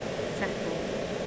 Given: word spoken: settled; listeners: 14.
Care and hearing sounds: one English word in noise, from a listening test; speech-shaped noise; -6.9 dB; 2 of 14; 6 of 14; 0.87 s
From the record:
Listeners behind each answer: 6, 2, 2, 1, 1, 1, 1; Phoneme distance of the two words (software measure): 7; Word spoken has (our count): 2 syllables, 5 phonemes, stress on syllable 1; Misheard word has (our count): 2 syllables, 4 phonemes, stress on syllable 1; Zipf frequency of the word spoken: 4.37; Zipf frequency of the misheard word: 4.39

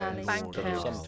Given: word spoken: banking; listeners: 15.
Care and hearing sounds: one English word in noise, from a listening test; four-talker babble; -2.6 dB; 1 of 15; 8 of 15; 0.68 s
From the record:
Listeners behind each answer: 8, 5, 1, 1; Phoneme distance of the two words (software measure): 17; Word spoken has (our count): 2 syllables, 6 phonemes, stress on syllable 1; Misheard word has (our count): 2 syllables, 5 phonemes, stress on syllable 1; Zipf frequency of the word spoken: 4.45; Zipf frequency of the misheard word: 3.73

